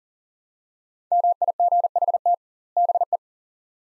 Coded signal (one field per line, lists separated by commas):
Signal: Morse code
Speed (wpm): 40 wpm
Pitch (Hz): 700 Hz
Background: none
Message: MIGHT BE